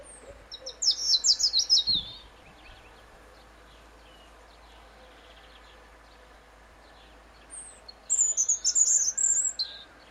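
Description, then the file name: European robin song, two bursts of high sweet twittering and trilled notes near the start and end, separated by a long quiet pause. "Erithacus rubecula"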